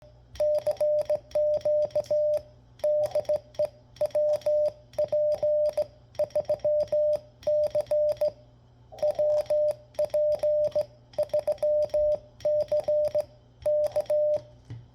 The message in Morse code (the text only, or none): CQ DE WP3C WP3C K